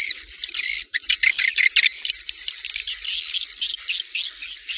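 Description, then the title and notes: Swiftlets giving rapid high chirps and twitters, a busy unbroken chatter with brief louder bursts in the first two seconds. Used for swiftlet farming in Asia. "Swiflet Bird Sound. Farming Swiflet Bird asia sound"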